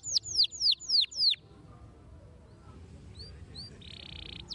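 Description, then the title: Canary song: five loud descending whistled sweeps, then near quiet with a few soft chirps and a brief steady trill, with low background noise. Belgian canary song played to make young canaries active and singing. "Canto Para Esquentar Canário Belga. RANGSANGAN SUARA BURUNG KENARI GACOR - BIKIN KENARI MUDA JADI AKTIF BUNYI DAN BERKICAU"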